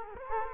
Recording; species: mosquito wingbeat signal from an infrared sensor; Culex quinquefasciatus